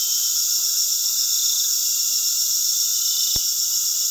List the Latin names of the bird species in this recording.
none